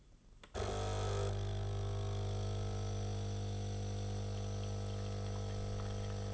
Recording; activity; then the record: daily activity, microphone in the room; make coffee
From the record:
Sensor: 4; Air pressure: 995.3 hPa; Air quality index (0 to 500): 213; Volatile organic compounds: 241 ppm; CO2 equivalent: 4338 ppm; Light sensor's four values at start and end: 27/84/32/34 and 24/76/29/30